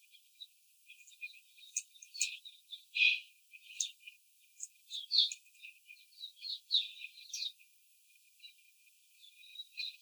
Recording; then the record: young laying hens in a cage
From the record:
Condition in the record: after the stressor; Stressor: simulated dog barking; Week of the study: 4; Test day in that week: 2